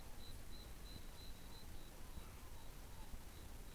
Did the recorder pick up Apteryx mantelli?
no